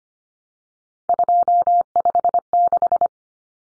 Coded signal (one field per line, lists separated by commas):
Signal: Morse code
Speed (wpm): 25 wpm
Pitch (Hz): 700 Hz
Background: none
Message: 256